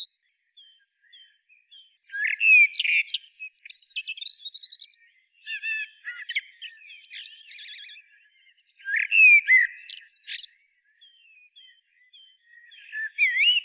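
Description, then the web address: Common blackbird song with repeated phrases of soft fluting notes leading into busy, squeaky twittering, faint quiet chips between phrases. "SETE Turdus merula"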